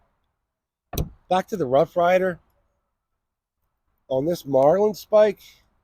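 The marlin spike blade of a Rough Rider folding sailor's knife is handled before it locks open, with one brief sharp sound near 0.9 s and someone talking. Nothing has seated or clicked into the lock yet.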